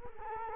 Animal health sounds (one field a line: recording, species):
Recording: mosquito wingbeat signal from an infrared sensor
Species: Culex quinquefasciatus